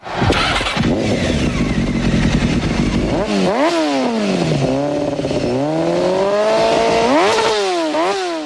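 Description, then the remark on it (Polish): A motorcycle engine idles roughly and loudly, then revs repeatedly, its whine climbing and dropping in pitch through four or five surging swells, with no voices. “Też trzeba powiedzieć o każdej porze dnia i nocy, choć pozytywnie podejdziemy do tego za sprawą policyjnej akcji Uwaga Motocyklista.”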